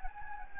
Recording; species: mosquito wingbeat signal from an infrared sensor; Anopheles gambiae